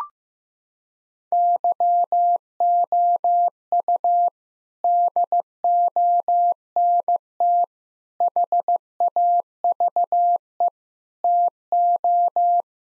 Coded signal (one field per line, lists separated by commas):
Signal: Morse code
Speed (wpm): 16 wpm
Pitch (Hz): 700 Hz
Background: none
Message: YOU DONT HAVE TO